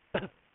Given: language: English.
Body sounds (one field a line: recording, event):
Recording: throat vibration sensor signal played as sound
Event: cough